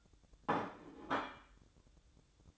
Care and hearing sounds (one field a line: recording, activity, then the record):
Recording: daily activity, microphone in the room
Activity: place plate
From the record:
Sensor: 3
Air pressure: 1007.4 hPa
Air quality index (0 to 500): 52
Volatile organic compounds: 1 ppm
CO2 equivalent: 584 ppm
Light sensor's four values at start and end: 9/20/8/8 and 8/20/8/8